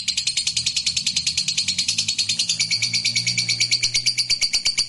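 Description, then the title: Lovebird in a steady, rapid, high buzzy trill of harsh pulses that runs without a break from start to finish. Fighter lovebird giving ngekek panjang, a long trill. "Begitu Dengar Suara Lovebird FIGHTER NGEKEK PANJANG"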